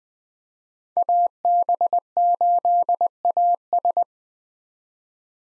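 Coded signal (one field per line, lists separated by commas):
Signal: Morse code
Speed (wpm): 20 wpm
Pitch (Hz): 700 Hz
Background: none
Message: AB8AS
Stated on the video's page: Common 2023 POTA activator call signs sent at 20 wpm for head-copy practice, each sent in Morse, spoken, then sent again.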